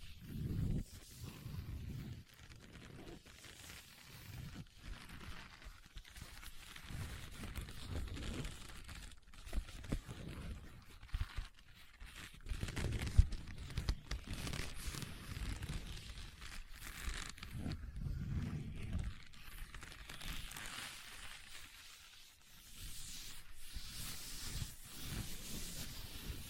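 Leather being tapped and scratched, with soft irregular scrapes, dull thumps and crinkly rustles that come and go throughout, with brief quiet gaps.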